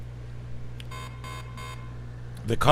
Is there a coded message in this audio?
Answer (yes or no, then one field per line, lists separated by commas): no